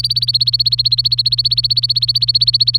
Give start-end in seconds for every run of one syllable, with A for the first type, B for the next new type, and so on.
0.00-2.77 A